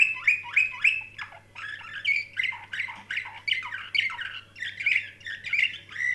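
Canary song, a run of bright chirped syllables repeated in quick bursts, mixed with lower varied notes, with a steady low hum beneath.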